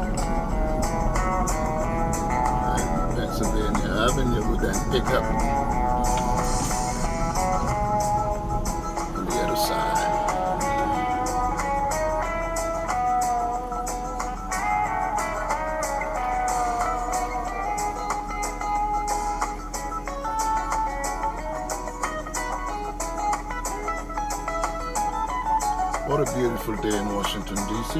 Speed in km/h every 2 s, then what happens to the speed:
35, 39, 40, 35, 10, 0, 0, 0, 0, 0, 0, 0, 0, 0.
0-5 steady at about 39. 5-10 brakes to 0. 10-28 standing.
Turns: none.